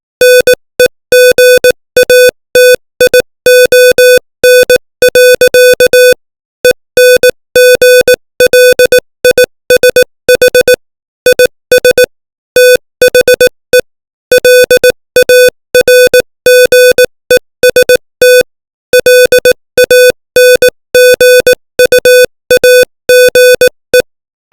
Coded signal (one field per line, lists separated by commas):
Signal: Morse code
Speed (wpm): 18 wpm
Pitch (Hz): 500 Hz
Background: music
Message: NEGATION. ENGLISH IS THE LARGEST LANGUAGE